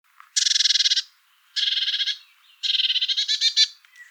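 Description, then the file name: Eurasian blue tit scolding with three rasping, pulsed churrs, the last one longer, uneven and stuttering. "Cyanistes caeruleus"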